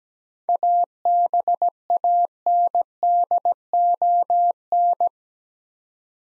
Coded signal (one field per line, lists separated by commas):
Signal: Morse code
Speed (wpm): 17 wpm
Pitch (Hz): 700 Hz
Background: none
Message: ABANDON